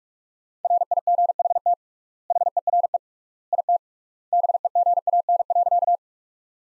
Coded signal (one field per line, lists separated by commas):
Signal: Morse code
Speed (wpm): 43 wpm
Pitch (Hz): 700 Hz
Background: none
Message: RIGHT HERE IT BEGAN.